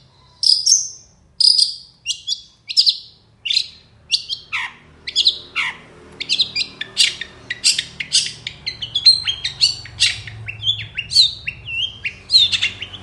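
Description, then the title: Long-tailed shrike song starting with evenly spaced high chirps, then speeding into a varied jumble of whistled slurs and scratchy notes. Full varied song in the morning, with 'toet toet' notes; recording used as lure and tutor for other birds. "Cendet Gacor Dor Di Kala Pagi Toet Toet Variasi Suara. CENDET GACOR DOR FULL ISIAN - PENTET GACOR DOR"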